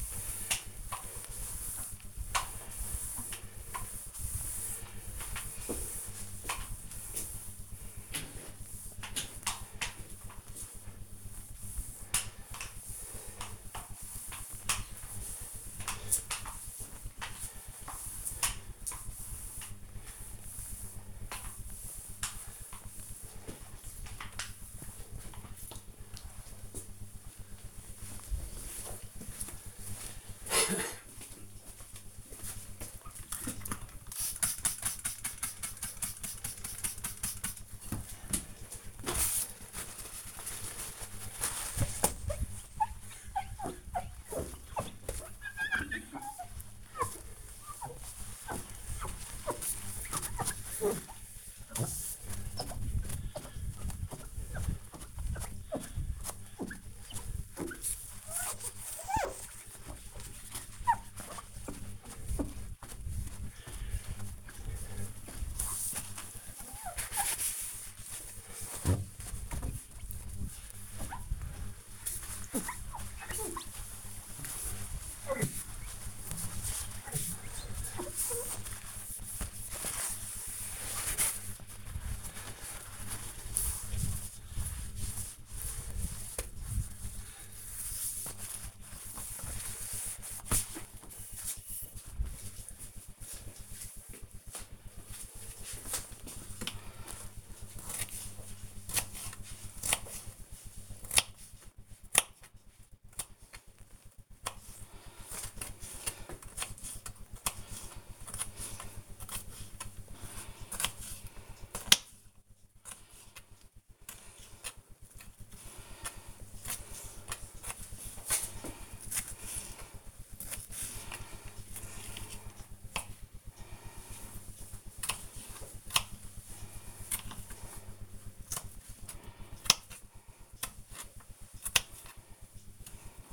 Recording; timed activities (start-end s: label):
household activities, microphone on the right wrist
0.00-23.83 s: floor cleaning
33.90-90.29 s: window cleaning
96.31-133.33 s: cutting vegetables